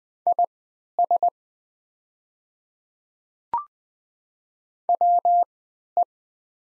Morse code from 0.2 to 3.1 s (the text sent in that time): IS